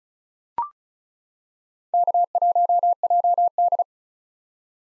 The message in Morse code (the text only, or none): K1JD